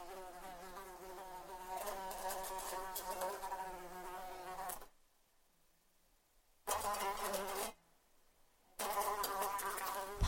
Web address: fly buzzing interior light tings frantic busy